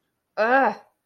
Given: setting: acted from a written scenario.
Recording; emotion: vocal sound without words; negative surprise